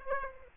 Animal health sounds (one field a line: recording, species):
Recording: mosquito wingbeat signal from an infrared sensor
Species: Aedes aegypti